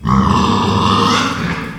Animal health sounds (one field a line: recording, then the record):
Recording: squeal of a Yucatan mini pig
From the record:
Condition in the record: after surgery on the right vocal fold (resection and tissue-engineered implant)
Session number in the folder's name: 16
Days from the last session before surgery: 183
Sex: female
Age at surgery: 19 weeks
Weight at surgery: 25 kg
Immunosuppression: prednisolone